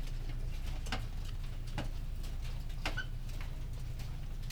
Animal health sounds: poultry house recording; sick chickens (respiratory disease)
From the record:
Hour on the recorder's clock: 19

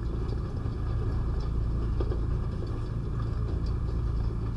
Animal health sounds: poultry house recording; no chicken sound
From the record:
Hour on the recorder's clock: 0

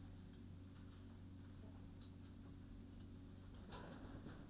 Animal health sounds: poultry house recording; healthy chickens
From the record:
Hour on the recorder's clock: 20

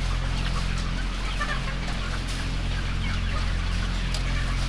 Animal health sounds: poultry house recording; healthy chickens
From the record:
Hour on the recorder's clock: 17

